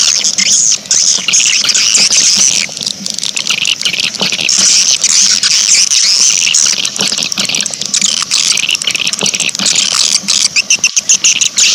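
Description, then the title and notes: Swiftlet chirping, a continuous high chatter of squeaky, trilling notes, with a faint low hum beneath. Swiftlet sound used in swiftlet bird farming in Asia. "Swiflet Bird Sound. Farming Swiflet Bird asia sound"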